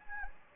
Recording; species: mosquito wingbeat signal from an infrared sensor; Anopheles gambiae